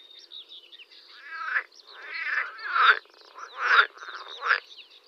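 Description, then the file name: Water frog croaks in rough, pulsed bursts roughly once a second. They swell and fade unevenly, with thin high squeaky notes in the background. "zelena zaba"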